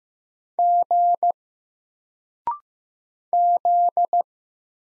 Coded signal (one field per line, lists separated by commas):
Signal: Morse code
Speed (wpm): 15 wpm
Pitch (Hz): 700 Hz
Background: none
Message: G Z